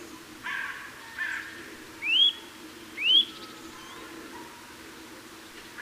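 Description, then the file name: Eurasian nuthatch giving clear upslurred whistles, two loud ones about a second apart, preceded by softer, hoarse chirps; quiet rumbling background. "Sitta europaea"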